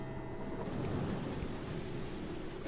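Steady, heavy rain pours in a continuous hiss, with a low rumbling undertone running beneath it throughout; no one speaks.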